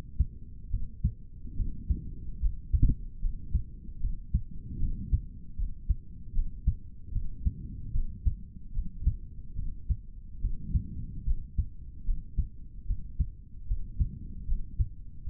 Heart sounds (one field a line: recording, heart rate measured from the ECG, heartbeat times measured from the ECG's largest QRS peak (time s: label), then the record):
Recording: heart sounds by stethoscope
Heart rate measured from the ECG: 74 bpm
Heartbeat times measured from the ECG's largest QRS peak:
0.69 s: heartbeat
1.55 s: heartbeat
2.39 s: heartbeat
3.19 s: heartbeat
3.99 s: heartbeat
4.78 s: heartbeat
5.56 s: heartbeat
6.32 s: heartbeat
7.11 s: heartbeat
7.92 s: heartbeat
8.72 s: heartbeat
9.55 s: heartbeat
10.40 s: heartbeat
11.24 s: heartbeat
12.04 s: heartbeat
12.85 s: heartbeat
13.66 s: heartbeat
14.46 s: heartbeat
15.24 s: heartbeat
From the record:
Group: healthy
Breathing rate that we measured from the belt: 20 breaths a minute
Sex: male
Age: 55 years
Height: 167 cm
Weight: 57.2 kg